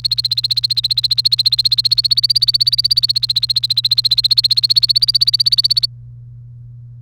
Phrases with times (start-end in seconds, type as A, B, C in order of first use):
0.00-5.86 A